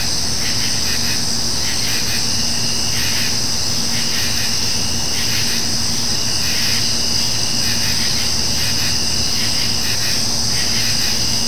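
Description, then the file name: Insects droning continuously at a high pitch, with lower buzzy bursts coming and going, over a steady low hum. Summer night nature ambience of insects. "kevin boucher nature ambience summer insects night"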